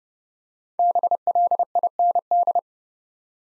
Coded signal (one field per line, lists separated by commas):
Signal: Morse code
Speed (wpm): 30 wpm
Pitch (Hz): 700 Hz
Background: none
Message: BLIND